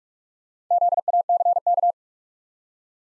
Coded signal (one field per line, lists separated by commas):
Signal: Morse code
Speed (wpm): 45 wpm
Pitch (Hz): 700 Hz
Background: none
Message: ZACK